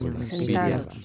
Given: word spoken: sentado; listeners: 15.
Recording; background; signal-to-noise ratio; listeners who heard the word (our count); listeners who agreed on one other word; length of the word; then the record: one Spanish word in noise, from a listening test; four-talker babble; -2.0 dB; 2 of 15; 9 of 15; 0.65 s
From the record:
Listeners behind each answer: 9, 2, 1, 1, 1, 1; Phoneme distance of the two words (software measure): 7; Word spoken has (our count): 3 syllables, 7 phonemes, stress on syllable 2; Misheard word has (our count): 3 syllables, 8 phonemes, stress on syllable 2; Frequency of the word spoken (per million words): 39.57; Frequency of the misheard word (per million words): 12.38